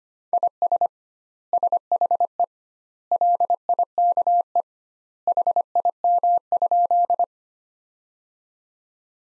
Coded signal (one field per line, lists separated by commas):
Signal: Morse code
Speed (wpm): 25 wpm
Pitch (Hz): 700 Hz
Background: none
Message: IS SHE LIKE HIM?